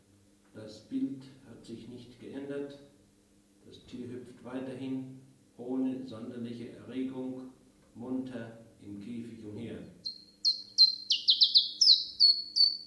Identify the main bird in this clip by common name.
Common Chiffchaff